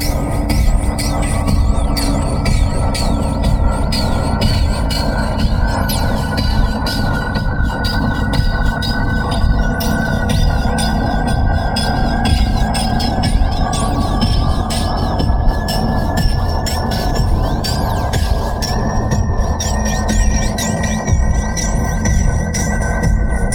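Shaped noise runs for the whole stretch, thick and rumbling in the lows, with a steady hum-like band near the middle that slowly rises. Dense, rapid ticks and clicks scatter across the top throughout, giving a busy, percussive texture at an even loudness.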